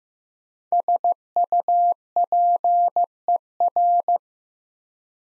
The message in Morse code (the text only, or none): SUPER